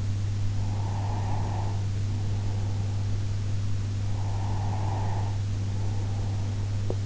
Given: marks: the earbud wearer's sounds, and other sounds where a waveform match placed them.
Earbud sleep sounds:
sounds in sleep by an in-ear microphone; breath
0.62-3.37 s: breath
4.25-6.83 s: breath

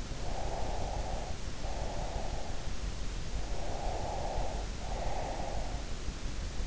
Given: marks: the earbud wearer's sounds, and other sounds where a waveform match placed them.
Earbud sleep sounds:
sounds in sleep by an in-ear microphone; breath
0.23-2.75 s: breath
3.52-5.82 s: breath

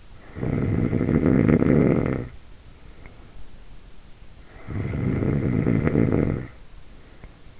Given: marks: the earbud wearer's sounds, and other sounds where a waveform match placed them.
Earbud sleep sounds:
sounds in sleep by an in-ear microphone; snoring breath
0.06-3.55 s: snoring breath
4.29-7.60 s: snoring breath

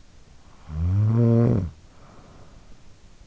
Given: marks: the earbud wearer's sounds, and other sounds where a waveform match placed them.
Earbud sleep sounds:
sounds in sleep by an in-ear microphone; snoring breath
0.20-3.14 s: snoring breath

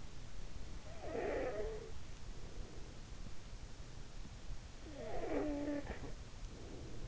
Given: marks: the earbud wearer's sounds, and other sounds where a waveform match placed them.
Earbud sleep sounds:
sounds in sleep by an in-ear microphone; snoring breath
0.68-2.06 s: snoring breath
4.89-7.08 s: snoring breath

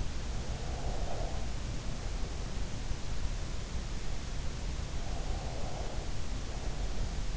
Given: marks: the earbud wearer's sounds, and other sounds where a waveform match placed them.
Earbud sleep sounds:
sounds in sleep by an in-ear microphone; breath
0.04-2.96 s: breath
4.52-7.37 s: breath

